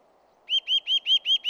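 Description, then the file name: Eurasian nuthatch calling a quick run of six arched, piping notes at an even pace over about a second, with a low steady hum behind. "Sitta europaea"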